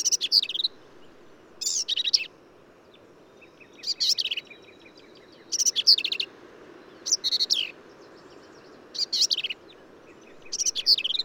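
Black-capped vireo singing fairly regularly spaced, harsh, jumbled phrases, each a quick burst of high squeaky and buzzy notes.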